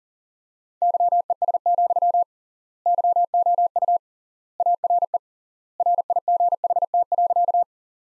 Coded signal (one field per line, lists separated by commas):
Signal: Morse code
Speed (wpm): 40 wpm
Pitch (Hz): 700 Hz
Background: none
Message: YES, YOU ARE RIGHT.